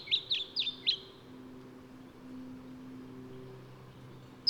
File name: Microeca Flavigaster